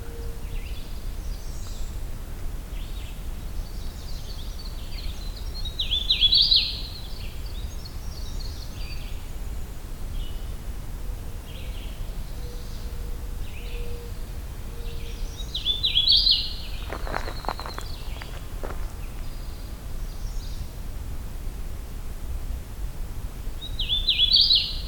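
A Winter Wren sings in bursts of high, rapid, twittering notes, loudest around 6, 16 and 24 seconds, with fainter song fragments scattered between. A steady low rumble runs underneath, and a few soft clicks come near 17 seconds.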